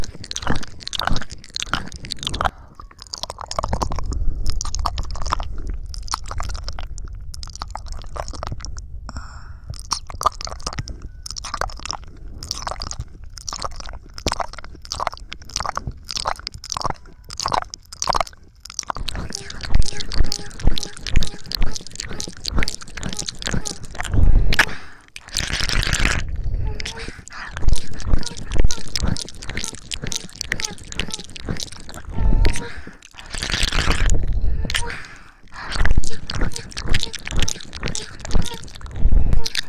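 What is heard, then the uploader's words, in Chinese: Ear licking and mouth sounds: dense, rapid wet clicks and smacks throughout, with a low rumble early on and louder bursts near 26 and 34 seconds. 舔耳+口腔音。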